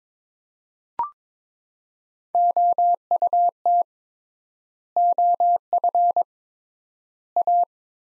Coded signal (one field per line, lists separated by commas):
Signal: Morse code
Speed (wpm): 22 wpm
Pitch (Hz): 700 Hz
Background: none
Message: OUT OF A